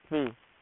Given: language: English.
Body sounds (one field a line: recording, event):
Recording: throat vibration sensor signal played as sound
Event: speech